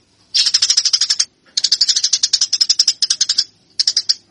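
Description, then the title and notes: Eurasian tree sparrow producing three fast, rattling strings of chirps, the middle one longest, with brief silences between them. Fighting call of the Eurasian tree sparrow, local name burung gereja, a master track used for training birds. "MASTER GEREJA TARUNG. burung gereja"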